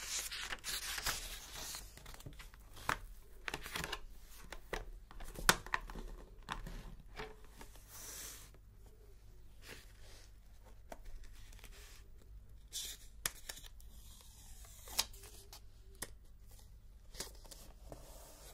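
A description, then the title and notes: Paper rustles and crinkles as pages are turned, busiest in the first few seconds and then in scattered bursts. Sharp clicks and taps land irregularly, with distinct knocks near 5, 13, 15 and 17 seconds, over a faint low hum. Page Turning, Typing and Book Stamping.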